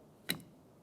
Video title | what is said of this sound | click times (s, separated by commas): How to Replace Front Wiper Blades 2000-2006 Chevrolet Tahoe | we'll take this and put it in place and slide it onto the hook listen for a click | 0.3 s